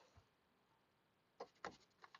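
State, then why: Seated. A new ignition coil's rubber boot is worked onto a spark plug in the 5.3L V8 of a Chevy Trailblazer. A muffled bump at 1.4 s is followed by a sharp click at 1.7 s, then a few fainter taps around 2.0–2.2 s. The boot locks onto the spark plug and is seated.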